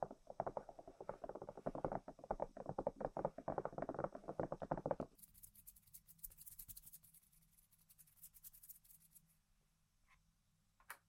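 Dense tapping and scratching on objects for five seconds, then a thinner, brighter scratching with a low hum, fading to a final tap.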